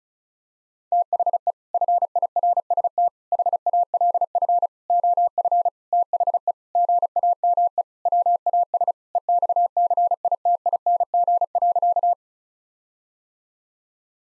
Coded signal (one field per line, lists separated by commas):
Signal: Morse code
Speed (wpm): 36 wpm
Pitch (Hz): 700 Hz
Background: none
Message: THE FIRST HALF OF THE GAME WAS EXCITING.